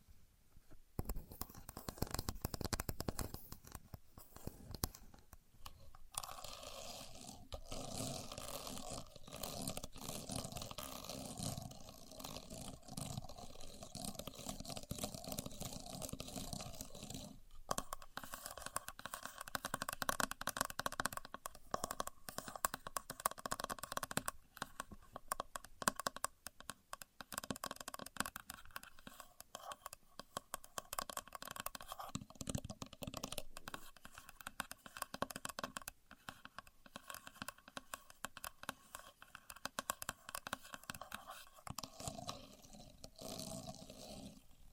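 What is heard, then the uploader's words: A contour gauge is worked by hand, its pins clicking and rattling in dense bursts with brief pauses, steady clatter throughout the clip. Using A Contour Gauge (No Talking).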